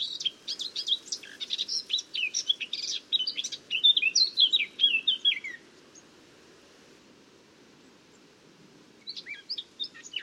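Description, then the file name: Eurasian blackcap song: a lively warbling phrase of twittering and sliding whistles for about five seconds, a long silence, then a short burst. "Sylvia atricapilla"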